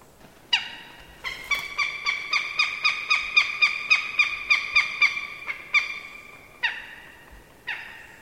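Bird calling with harsh, harmonic-rich notes, a single note, then a fast steady series of around fifteen, easing off into three slower separate notes.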